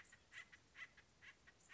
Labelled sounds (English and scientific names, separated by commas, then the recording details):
Acorn Woodpecker (Melanerpes formicivorus)
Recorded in Sonoma County, California